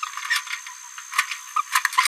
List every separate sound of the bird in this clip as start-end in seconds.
0.30-0.39, 1.30-1.33, 1.55-1.63, 1.93-2.07